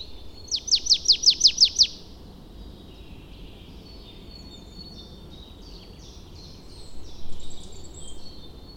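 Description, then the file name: Marsh tit giving a rapid string of about seven sharp, downslurred chips, followed by faint high notes. "Poecile palustris"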